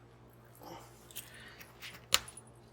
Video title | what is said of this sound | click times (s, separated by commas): Buffalo Trace 750 ML Lamp Build | line it up and then you're going to push it until it snaps there it is make sure you're in nice | 2.1 s